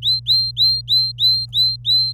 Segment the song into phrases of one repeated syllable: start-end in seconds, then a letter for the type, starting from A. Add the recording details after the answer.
0.02-2.12 A. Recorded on 26 April 2018 at 12:26. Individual llb3